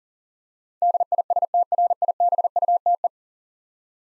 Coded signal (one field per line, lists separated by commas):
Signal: Morse code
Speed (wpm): 37 wpm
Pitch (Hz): 700 Hz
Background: none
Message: DISTRIBUTE